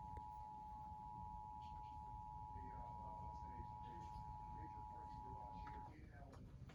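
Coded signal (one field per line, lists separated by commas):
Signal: Emergency Alert System (SAME) tones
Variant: 853 and 960 Hz attention tone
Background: speech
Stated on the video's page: Severe thunderstorm warning alerts recorded off the air from NOAA weather radio, AM, FM and TV stations around Fort Worth, TX.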